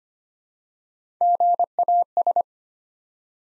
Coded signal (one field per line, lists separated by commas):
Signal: Morse code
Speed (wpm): 25 wpm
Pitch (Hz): 700 Hz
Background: none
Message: GAS